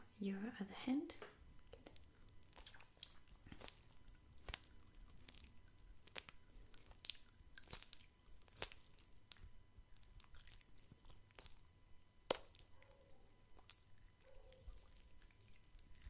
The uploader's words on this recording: ASMR Spa (Scalp Massage, Face Massage, Personal Attention, Lotion, Gloves, Cottons, Tapping).